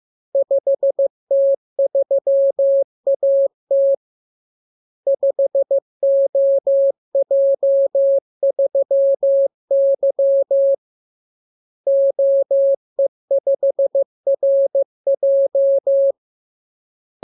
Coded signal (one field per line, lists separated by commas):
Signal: Morse code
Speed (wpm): 15 wpm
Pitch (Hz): 550 Hz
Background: none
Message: 5T3AT 5OJ3Y OE5RJ